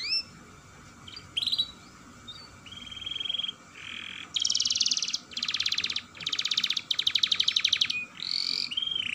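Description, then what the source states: Canary song building from whistled notes into loud, long pulsed trills, each roll lasting about a second with short gaps between them. Singing described as long rolling trills, locally called 'dor roll panjang'.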